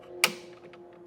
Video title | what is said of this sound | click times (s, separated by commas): etrailer - Test Fitting the Thule WingBar Edge Roof Rack on a 2025 Nissan Rogue | We'll just depress that tab down and push it in until we hear it click and lock in. | 0.2 s